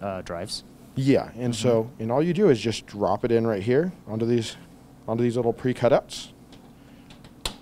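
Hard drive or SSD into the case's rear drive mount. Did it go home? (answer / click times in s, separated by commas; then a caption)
yes / 7.5 s. Someone talks while a 2.5 or 3.5 inch hard drive or SSD is dropped onto the pre-cut mounting points of the rear drive mount at the back of a PC case. After a few faint handling taps, the drive is pushed and snaps into place with a sharp click at 7.5 s, seated and secure.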